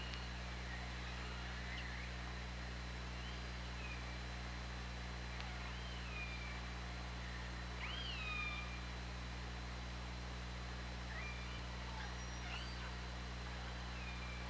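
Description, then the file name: Killer whale calls, a series of bent, squealing tones that swoop up then drop, the loudest near eight seconds, over constant low humming and underwater hiss. OrcaLab hydrophone, 24 August 2017. "Orca Lab UTLN JASON 20170824 203547"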